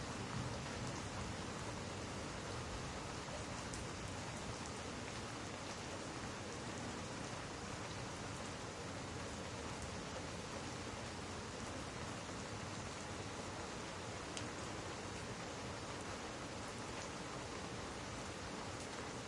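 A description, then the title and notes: Steady, dense rain hisses across the whole clip, a thick even wash from low rumble up to bright patter with no pause. Occasional sharper drop taps stand out near the start and around fourteen seconds, and the level stays constant throughout. Stormy White Noise. Stormy weather white noise, thunderstorm ambiance, rain and thunder sounds.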